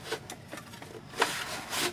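An optical drive is lined up with the bottom tracks and slid into a Mac Pro drive bay, making a rubbing, scraping slide sound with brief knocks. At 1.2 s there is a sharp click, followed by a short, louder sliding noise, as the drive latches and seats in the bay.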